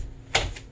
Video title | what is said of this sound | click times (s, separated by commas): Upper Body Resistance Band Workout | make sure it clicks | 0.4 s